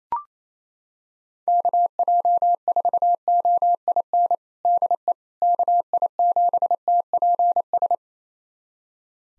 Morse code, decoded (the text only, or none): KJ4OIN DE KI7TPS